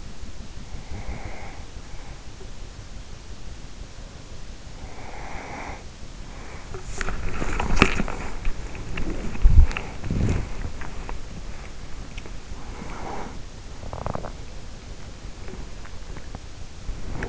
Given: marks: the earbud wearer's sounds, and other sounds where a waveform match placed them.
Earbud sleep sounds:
sounds in sleep by an in-ear microphone; breath, body movement
0.88-2.54 s: breath
4.58-6.84 s: breath
6.79-17.29 s: body movement
12.55-14.81 s: breath

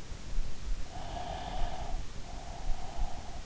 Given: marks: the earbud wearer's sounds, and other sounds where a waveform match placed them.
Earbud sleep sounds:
sounds in sleep by an in-ear microphone; breath
0.79-3.39 s: breath

